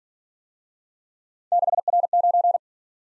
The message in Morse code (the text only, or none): 6R9